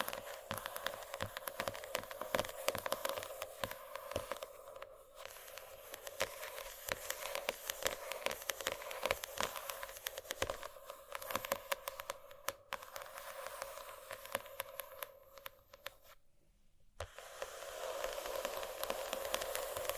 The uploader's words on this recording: ASMR Scratching.